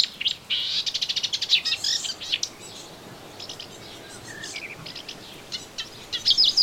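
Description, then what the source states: Melodious warbler song: a quick, dense run of sharp, scratchy notes, then scattered twitters and a final burst of fast high chirps. Recorded in a garden on 25 June 2017.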